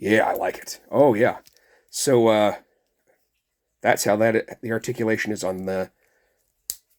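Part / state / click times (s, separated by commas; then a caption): plastic articulated piece into action figure body / seated / 6.7 s. Someone talks while moving a jointed part on a plastic Vegeta action figure, then pushes the articulated plastic piece back into the figure's body. One sharp snap is heard at 6.7 seconds as the piece seats back into place.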